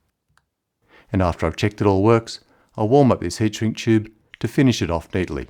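A plastic locking wedge is pressed into the front of a 4-way Deutsch DTM automotive connector housing to lock the pins, giving a single sharp click at 0.4 s as it seats. Someone then talks for the rest of the clip.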